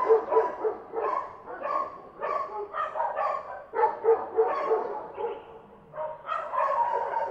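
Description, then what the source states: Dog barking in rapid, irregular bursts, with short pauses between volleys. Field recording, May 2016.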